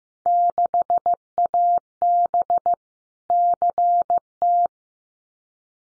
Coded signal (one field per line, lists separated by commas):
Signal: Morse code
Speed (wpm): 15 wpm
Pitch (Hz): 700 Hz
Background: none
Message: 6AB CT